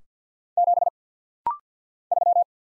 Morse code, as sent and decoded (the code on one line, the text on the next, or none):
--... / ...--
7 3